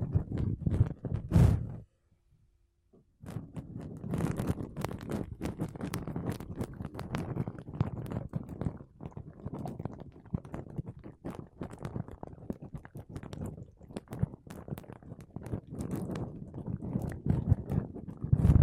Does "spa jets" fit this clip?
no